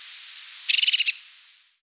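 Crested tit giving a single quick purring trill of several rapid notes.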